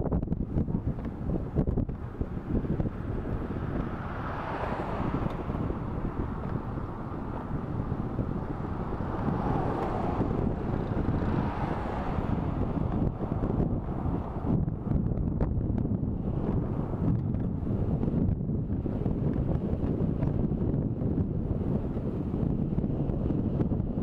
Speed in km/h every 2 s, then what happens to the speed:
14, 15, 18, 18, 19, 20, 21, 23, 23, 24, 24, 25.
0-24 speeds up to 25.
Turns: none.